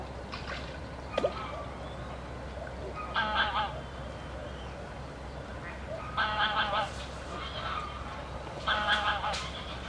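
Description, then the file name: Goose: three short clusters of soft nasal honks over a steady low background hum. Geese at the Łężczok nature reserve. "rezerwat lezczok gesi i labedzie i spadajace zoledzie"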